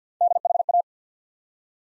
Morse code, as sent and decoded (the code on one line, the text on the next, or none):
-.. .... .-
DHA